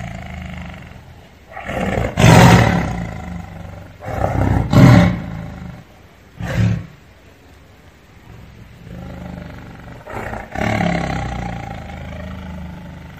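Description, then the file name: Tiger giving deep, booming roars, several loud bursts separated by quieter stretches of low rumble. "Tieng ho gam"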